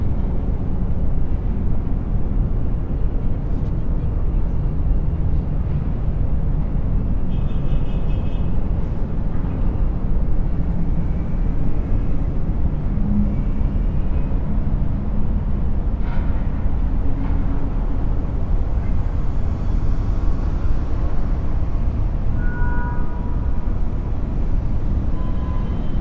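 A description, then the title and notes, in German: City noise from twenty floors above a busy street: a dense, steady low rumble of traffic that holds level throughout. Faint brighter sounds surface now and then, a short chirping near eight seconds and thin whistling tones around twenty-two to twenty-five seconds. Geräusche aus der Skyline mit Delta-Binauraltönen. 20 Stockwerke über der belebten Stadtszene.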